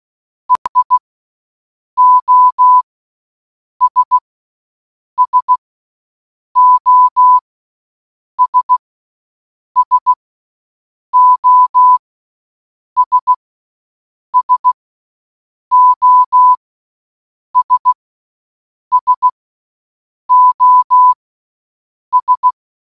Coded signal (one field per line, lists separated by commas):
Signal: Morse code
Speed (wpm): 16 wpm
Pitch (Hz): 1000 Hz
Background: none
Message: EI OS SOS SOS SOS SOS